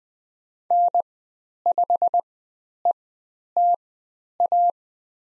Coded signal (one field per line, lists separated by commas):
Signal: Morse code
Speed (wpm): 20 wpm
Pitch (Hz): 700 Hz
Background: none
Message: N5ETA